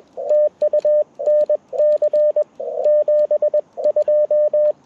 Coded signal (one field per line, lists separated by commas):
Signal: Morse code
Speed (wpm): 21 wpm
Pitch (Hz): 600 Hz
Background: radio noise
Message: TU NC 72